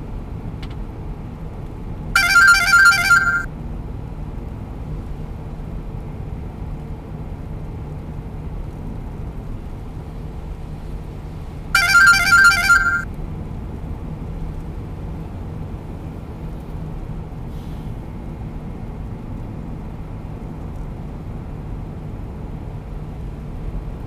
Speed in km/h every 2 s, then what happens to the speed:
82, 81, 81, 80, 81, 82, 83, 83, 83, 82, 80, 79.
0-24 steady at about 81.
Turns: none.